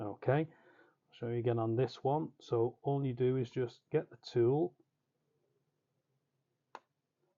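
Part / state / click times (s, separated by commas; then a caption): plastic push-pin panel clip in motorcycle fairing panels / released / 6.8 s. Someone talks, then after a quiet pause a single short, sharp click sounds at 6.8 s as a tool presses in the centre pin of a plastic push-pin panel clip in the headlamp cowl/nose fairing panels of a Suzuki GSXR 1000 K4. The click means the clip has released so it can be pulled out with fingernails.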